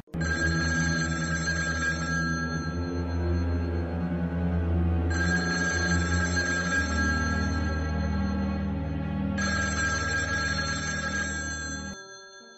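A telephone rings in three long, steady bursts as a call is placed to the switchboard operator, each a bright, high trilling tone over a low continuous hum, with short gaps between the rings and no voices.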